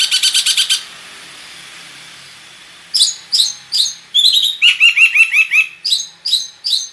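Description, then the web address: Long-tailed shrike song: a quick buzzy rattle, two seconds of quiet, then a varied run of whistled, slurred and chirping notes. Full song with imitations, described as gacor (in full, lively song). "cendet suara-cendet-gacor-full-isian"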